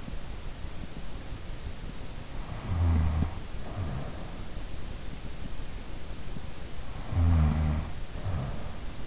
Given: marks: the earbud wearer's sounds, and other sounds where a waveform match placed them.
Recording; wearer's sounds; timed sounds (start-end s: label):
sounds in sleep by an in-ear microphone; snoring breath
2.27-4.69 s: snoring breath
6.81-9.07 s: snoring breath